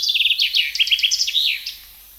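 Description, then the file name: Common chaffinch song, a quick series of bright repeated notes falling in pitch, ending in a sweeping flourish. "Fringilla coelebs"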